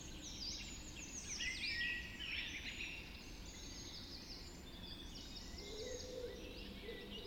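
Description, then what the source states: Birds in a birds: bright twittering bursts early, then softer overlapping high notes and a lower warble, over continuous low rumble. Birds just after dawn in the Forest of Dean.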